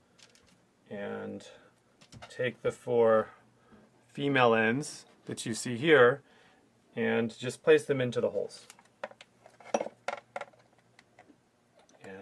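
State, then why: Seated. Someone talks while placing the four female ends of plastic push rivets into the mounting holes of a marquee panel and pressing them in. Sharp snaps are heard at about 9.0, 10.1 and 10.4 seconds as the rivets seat in the holes.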